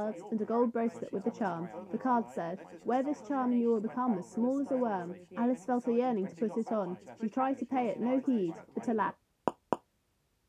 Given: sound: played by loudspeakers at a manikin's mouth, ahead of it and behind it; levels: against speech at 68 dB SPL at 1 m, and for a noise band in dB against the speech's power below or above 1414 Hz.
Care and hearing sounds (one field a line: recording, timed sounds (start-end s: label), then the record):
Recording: test signals for a remote microphone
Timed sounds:
0.00-9.10 s: woman speaking, babble ahead at +6 dB SNR for speech at 1 m
9.48 s: click
9.73 s: click
From the record:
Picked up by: measurement microphone